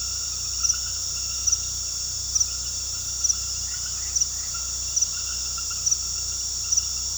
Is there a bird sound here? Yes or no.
no